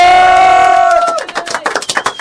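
A sustained, buzzy tonal note gives way to a burst of audience applause and cheering: dense, uneven clapping with whoops lasting about a second.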